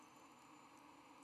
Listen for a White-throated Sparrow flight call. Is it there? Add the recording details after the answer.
no. No flight call is heard. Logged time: 06:35 on 12 November 2014